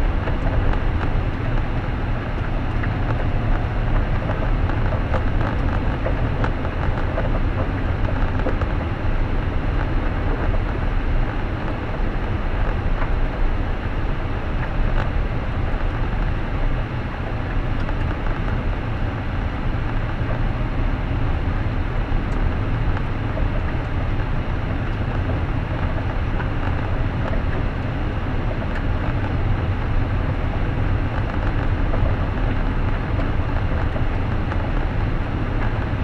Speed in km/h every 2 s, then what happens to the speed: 59, 60, 61, 60, 61, 52, 50, 49, 53, 55, 57, 58, 59, 60, 61, 61, 61, 61.
0-8 steady at about 60. 8-13 slows to 49. 13-23 speeds up to 59. 23-36 steady at about 61.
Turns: none.